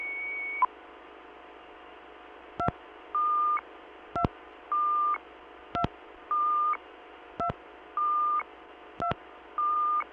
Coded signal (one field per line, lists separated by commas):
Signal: DTMF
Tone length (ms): 90 ms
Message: 2 2 2 2 2